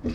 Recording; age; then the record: pig call; growing-finishing pig (85 days or more)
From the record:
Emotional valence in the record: negative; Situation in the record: barren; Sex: male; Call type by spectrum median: low-frequency call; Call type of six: low-frequency stable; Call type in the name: low-frequency stable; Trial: 4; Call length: 0.15 s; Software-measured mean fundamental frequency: 49 Hz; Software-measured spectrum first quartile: 160 Hz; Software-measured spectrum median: 262 Hz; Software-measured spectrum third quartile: 483 Hz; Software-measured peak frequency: 248 Hz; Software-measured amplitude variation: 176 dB a second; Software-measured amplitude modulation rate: 3.3 a second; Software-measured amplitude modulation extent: 53.9 dB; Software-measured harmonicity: 3.6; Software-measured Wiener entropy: -0.44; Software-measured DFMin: 767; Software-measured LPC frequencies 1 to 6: 319, 1802, 2555, 3510, 4780, 6478 Hz